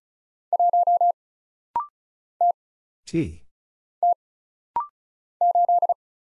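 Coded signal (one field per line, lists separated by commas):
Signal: Morse code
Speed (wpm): 36 wpm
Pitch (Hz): 700 Hz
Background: none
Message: 1 T T 8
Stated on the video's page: Rapid-fire Morse drill of single letters, numbers, punctuation and prosigns at 35 wpm for instant character recognition.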